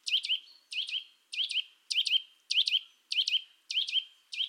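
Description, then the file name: Eurasian nuthatch calling steadily: loud, sharp, ringing double notes repeated roughly every 0.6 seconds, eight times in a row, with no other sounds. "Sitta europaea"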